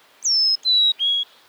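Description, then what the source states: Carolina chickadee song, three pure whistled notes, each steady and held, stepping down in pitch one after another. Found in the southeastern U.S.; calls chickadee with its own regional accent.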